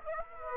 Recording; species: mosquito wingbeat signal from an infrared sensor; Aedes aegypti